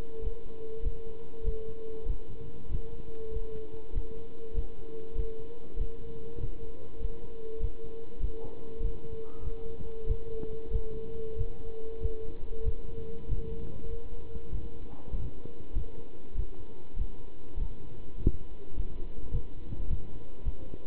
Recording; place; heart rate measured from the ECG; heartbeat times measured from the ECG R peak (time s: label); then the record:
heart sounds by stethoscope; between the tricuspid and mitral areas; 98 bpm
0.22 s: heartbeat
0.83 s: heartbeat
1.45 s: heartbeat
2.06 s: heartbeat
2.69 s: heartbeat
3.31 s: heartbeat
3.93 s: heartbeat
4.55 s: heartbeat
5.16 s: heartbeat
5.77 s: heartbeat
6.39 s: heartbeat
7.00 s: heartbeat
7.60 s: heartbeat
8.21 s: heartbeat
8.81 s: heartbeat
9.42 s: heartbeat
10.07 s: heartbeat
10.71 s: heartbeat
11.36 s: heartbeat
12.01 s: heartbeat
12.64 s: heartbeat
13.28 s: heartbeat
13.88 s: heartbeat
14.50 s: heartbeat
15.12 s: heartbeat
15.74 s: heartbeat
16.35 s: heartbeat
16.97 s: heartbeat
17.58 s: heartbeat
18.17 s: heartbeat
18.75 s: heartbeat
19.32 s: heartbeat
19.88 s: heartbeat
20.44 s: heartbeat
From the record:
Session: pedaling a stationary bicycle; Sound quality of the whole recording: good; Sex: male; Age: 27 years